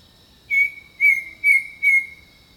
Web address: The Natural Sounds of the Wilderness 10 CDs collection Echoes of Nature - Jungle Talk 01 Jungle Birdsong